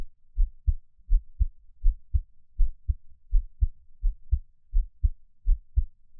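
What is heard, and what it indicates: A gentle, calm adult heartbeat at about 81 beats per minute, with steady paired low-pitched lub-dub sounds and no talking.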